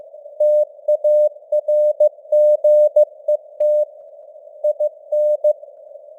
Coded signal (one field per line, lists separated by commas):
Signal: Morse code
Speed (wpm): 15 wpm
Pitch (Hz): 600 Hz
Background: none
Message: TARGET IN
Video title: Morse Code News | 2026-01-10 | 15wpm